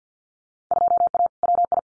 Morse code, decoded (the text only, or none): 2A WI